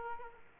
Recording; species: mosquito wingbeat signal from an infrared sensor; Aedes aegypti